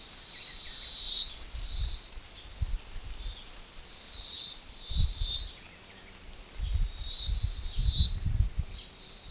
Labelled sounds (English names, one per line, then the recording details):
none
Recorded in forest near Pivijay, Magdalena, Colombia, on 15 April 2023 at 10:30
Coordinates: 10.467, -74.380
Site Z5-G034